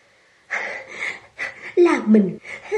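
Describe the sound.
A voice pants heavily in four or five ragged, breathy gasps, one rising into a strained voiced moan midway, with short pauses between the loud breaths.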